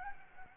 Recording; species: mosquito wingbeat signal from an infrared sensor; Anopheles gambiae